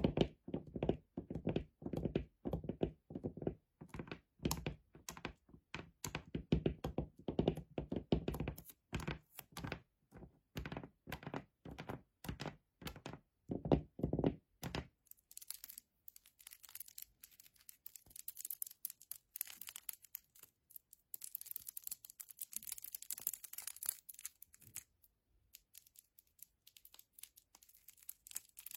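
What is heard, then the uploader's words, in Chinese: Fingernails tap and fingertips brush in quick succession. For the first fifteen seconds the taps are dense, hollow thuds with a low body; after that they turn to light, crisp scratches and brushing strokes, thinner and brighter. 指甲触发！指尖滑动、敲击音。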